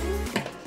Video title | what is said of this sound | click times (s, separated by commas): Best Video Editing and Rendering PC for under $2000 / Best bang for your buck FAST!!!!!!! | then i'll snap into place and then that latch will pop up so | 0.4 s